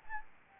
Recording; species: mosquito wingbeat signal from an infrared sensor; Anopheles gambiae